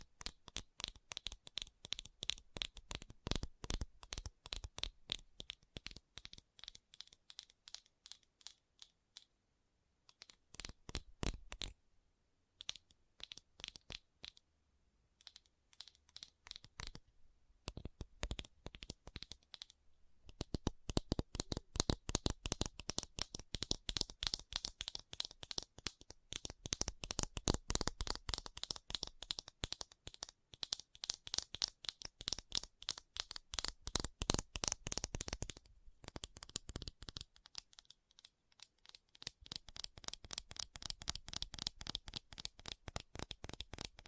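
Rapid fingernail tapping, crisp, runs in quick dense bursts with brief pauses, especially around 10 to 20 seconds. The taps are bright and clicky, like typing or shuffling cards, growing busier and louder after about 20 seconds.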